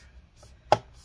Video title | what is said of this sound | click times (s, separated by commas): HP ENVY x360 m Convertible 15m-ee0013dx Disassembly RAM SSD Hard Drive Components Quick Look Inside | okay you can hear it clicks in | 0.7 s